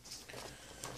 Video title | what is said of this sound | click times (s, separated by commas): Toshiba Satellite C75D-B7100 laptop can be upgraded to 16GB RAM and Samsung 850 EVO SSD | yeah if you just keep snapping it down like this here | 0.3 s, 0.8 s